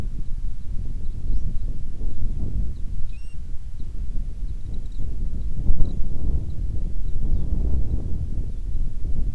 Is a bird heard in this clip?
yes